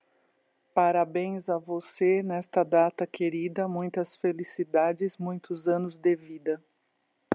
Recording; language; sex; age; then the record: short text; Brazilian Portuguese; female; 50 to 59 years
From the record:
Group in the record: control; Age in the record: 55 years